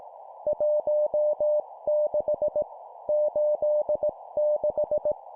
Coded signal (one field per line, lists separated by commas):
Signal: Morse code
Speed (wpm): 18 wpm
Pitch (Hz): 600 Hz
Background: none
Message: 16 86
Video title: 17wpm Two number words, morse code practice